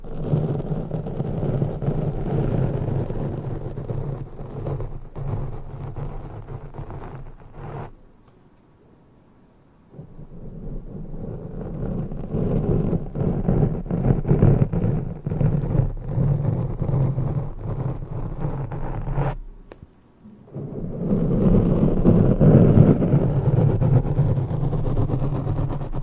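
Mic brushing fills the clip with a dense, low rushing texture that swells and ebbs continuously, without any talking. The brushing stops for near-silent gaps around 8–10 seconds and again near 20 seconds, then resumes with equal intensity.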